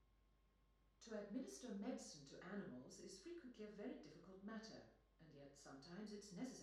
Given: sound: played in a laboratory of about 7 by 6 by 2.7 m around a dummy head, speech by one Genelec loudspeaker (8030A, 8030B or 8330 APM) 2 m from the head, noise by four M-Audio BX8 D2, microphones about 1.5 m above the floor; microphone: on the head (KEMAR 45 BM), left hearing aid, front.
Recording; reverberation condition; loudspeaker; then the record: female speech in English; medium; 150 degrees to the right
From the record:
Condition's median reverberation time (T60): about 510 ms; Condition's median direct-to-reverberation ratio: about -0.5 dB